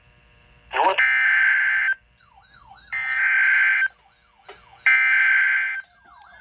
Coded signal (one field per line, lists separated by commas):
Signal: Emergency Alert System (SAME) tones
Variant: header bursts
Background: speech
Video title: EAS 1789-1791: Severe Thunderstorm Watch